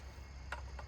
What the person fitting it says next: These just snap right in.